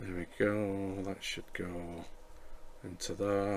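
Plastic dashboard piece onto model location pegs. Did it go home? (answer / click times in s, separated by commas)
no / none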